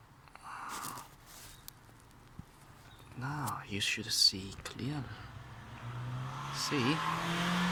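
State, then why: Not seated. The lock hook in the tailgate lock of a 2007 Audi Q7 is worked by hand but will not come back and lock in; it just bounces back, giving only light knocks around 0.3, 1.7 and 2.1 s. Someone talks over it, and nothing has seated or clicked yet.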